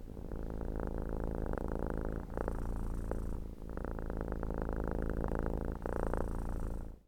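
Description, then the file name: Domestic cat purring, a steady low rumble with dense vibrating pulses, swelling and easing in long breaths, briefly dipping between phrases. "Felis silvestris catus purrs"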